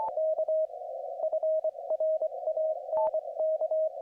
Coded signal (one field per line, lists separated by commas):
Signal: Morse code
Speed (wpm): 24 wpm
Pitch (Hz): 630 Hz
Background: none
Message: K FRANK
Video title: 2025-09-18 Ham radio contacts - Chapters in the description